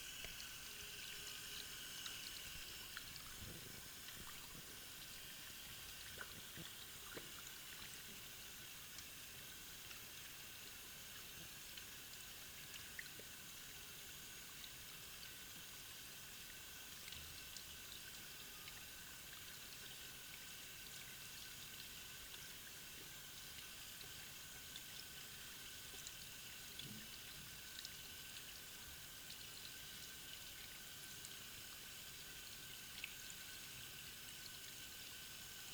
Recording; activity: daily activity, guitar pickup as the sensor; wash hands